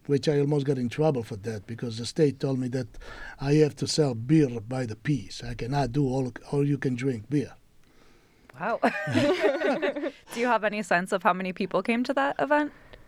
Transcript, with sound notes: which I almost got in trouble for that because the state told me that I have to sell beer to buy the piece, I cannot do or you can drink beer.
Wow. [LAUGHTER] Do you have any sense of how many people came to that event?